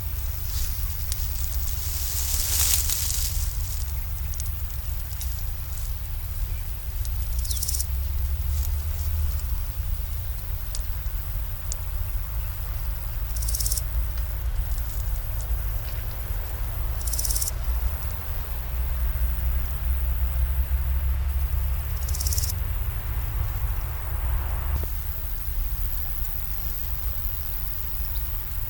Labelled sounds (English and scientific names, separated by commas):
Large Gold Grasshopper (Chrysochraon dispar) stridulation